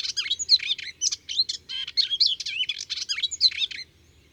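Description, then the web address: Melodious warbler song, a fast, rambling chatter of varied high twittering and scratchy notes, running almost without pause, then ending abruptly. Recorded in June. "Juin LHypolais polyglotte. les 4 saisons des chants doiseaux"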